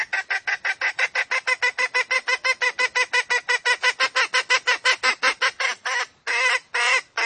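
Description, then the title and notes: Junglefowl clucks, fast even series of harsh notes, ending with two longer drawn-out notes. Female junglefowl calls used as a lure to attract junglefowl. "Pancingan Ayam Hutan Betina. Suara Ayam Hutan Betina. Pemikat Ayam Hutan"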